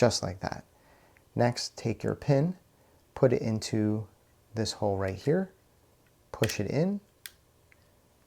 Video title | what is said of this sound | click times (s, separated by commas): How to Swap SIG Sauer P365 Grip to P365XL Grip | and it should click into place you notice that the pin is not sticking out on either side | 7.3 s